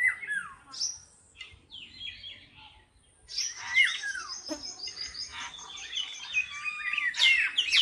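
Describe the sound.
Birdsong in short chirpy bursts with downslurred notes early on, then a continuous twittering stream of rapid high trills and whistles from about three seconds.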